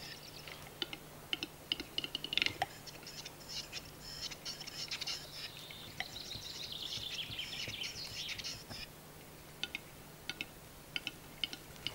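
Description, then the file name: Western capercaillie displaying, with irregular sharp clicks leading into a long hissing, grinding phrase that slides downward, then scattered clicks again over a constant low hum. Display song (dürgés) recorded in the Czech Republic. "Siketfajd dürgés Csehországból"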